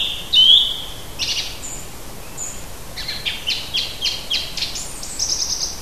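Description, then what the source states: Bird song: a sharp high whistled note, then thin chirps and a quick rhythmic run of several high buzzy notes, over faint hiss. Native bird of June.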